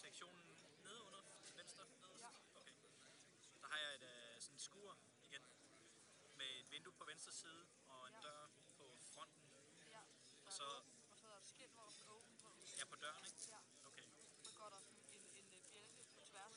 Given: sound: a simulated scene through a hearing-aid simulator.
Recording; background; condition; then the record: conversation; cafeteria; 0 dB SNR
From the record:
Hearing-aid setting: standard clinical setting (NAL); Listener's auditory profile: A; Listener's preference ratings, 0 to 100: 84, 91, 31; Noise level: 65 dB SPL